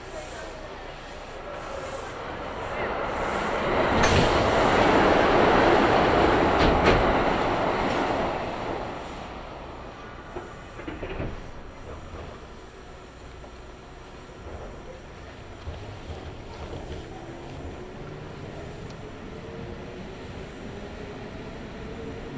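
A local train on the Kintetsu Nagoya Line rumbles, swelling loudest around four to eight seconds, then settles into a steady quieter run with faint tones.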